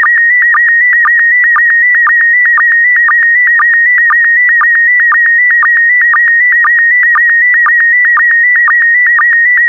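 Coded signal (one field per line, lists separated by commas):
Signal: SSTV (slow-scan television)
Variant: PD120 mode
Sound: steady high warbling tone with quick low blips about twice a second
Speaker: Five, four, three, two, one. Thank you. Transmission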